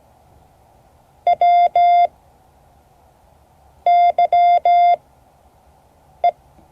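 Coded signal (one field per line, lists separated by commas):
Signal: Morse code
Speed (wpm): 17 wpm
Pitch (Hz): 700 Hz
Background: none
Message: WYE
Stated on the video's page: Morse code class.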